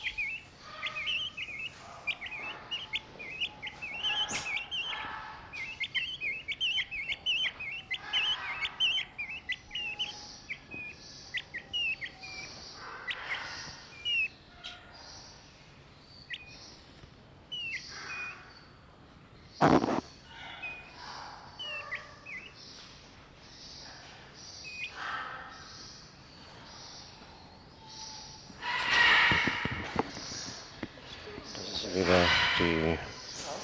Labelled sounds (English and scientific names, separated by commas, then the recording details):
Crested Partridge (Rollulus rouloul) duetting
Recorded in captivity
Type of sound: duetting
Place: Zoo Berlin, Berlin, DE
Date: 1986-11-14 12:15
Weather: sunny 7 - 8°
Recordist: Tembrock, Günter